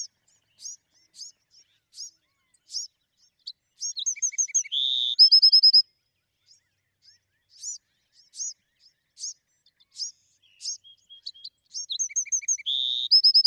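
Bewick's wren singing: spaced high chips lead into a phrase with a buzz and a rapid trill around five seconds, then the same phrase returns near the end.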